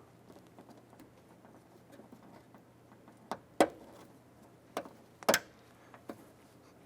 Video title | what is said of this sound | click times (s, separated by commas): How to Replace Rear Window Regulators 1999-2004 Jeep Grand Cherokee | going to feel in here it snap into place and then don't forget to press your lock in so | 3.6 s